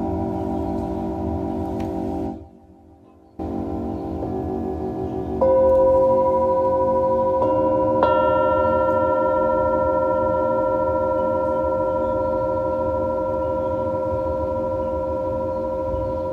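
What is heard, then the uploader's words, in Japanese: Tibetan singing bowls ring in long, sustained tones layered over one another, with a low pulsing hum underneath. Near the start the sound cuts out briefly, then new bowls are struck around five and eight seconds, brightening the chord and ringing steadily to the end. メキシコからチベタンシンギングボウルのサウンドヒーリングライブ。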